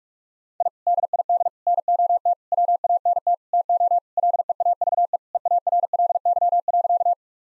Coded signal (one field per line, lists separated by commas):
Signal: Morse code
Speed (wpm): 48 wpm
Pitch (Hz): 700 Hz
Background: none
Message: I DID NOT WANT TO LEAVE EARLY.